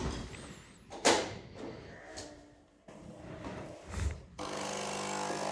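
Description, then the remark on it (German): A Nespresso capsule machine brewing an espresso: a few mechanical clunks and clicks, then its pump starts with a loud, steady buzzing drone that continues to the end. No one speaks. “Das typische Nespresso-Geräusch wieder.”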